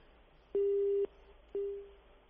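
A telephone busy signal after a caller's line drops during a live on-air call-in program: two steady mid-pitched tone beeps, the first lasting about half a second, then a pause before the second, which fades out. No voices.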